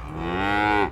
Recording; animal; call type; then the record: contact call of a hoofed animal; cattle; low-frequency (closed-mouth) or high-frequency (open-mouth) call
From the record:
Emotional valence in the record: negative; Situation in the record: full separation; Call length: 0.92 s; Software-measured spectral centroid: 1620 Hz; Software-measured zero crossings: 1570 a second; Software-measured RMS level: -24 dBFS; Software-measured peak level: -7 dBFS